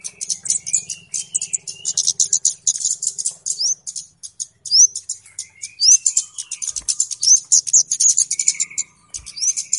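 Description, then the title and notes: Flowerpecker calls: continuous thin high ticking and rattling, broken by several quick upslurred whistles from the middle on, with a faint low hum early on. Call used as a lure (pikat) for bird trapping; known locally as Kemade or Cabe Cabean; described as a clear recording. "Kicau Burung Kemade ( Cabe Cabean) Jernih. Suara Burung Cabe Cabean Pikat"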